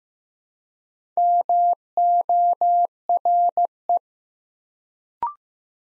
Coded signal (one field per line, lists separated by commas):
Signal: Morse code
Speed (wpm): 15 wpm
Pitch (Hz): 700 Hz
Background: none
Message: MORE